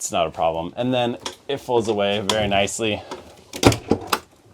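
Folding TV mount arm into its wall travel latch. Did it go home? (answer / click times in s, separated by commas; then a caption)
yes / 4.1 s. Someone talks while the swing-out TV mount arm in a 2026 Bigfoot 21RB RV camper is folded back against the wall and pushed until its travel latch engages. A few sharp knocks come at the end of the fold, and the loudest, sharpest one at 4.1 s is the arm clicking into its travel position.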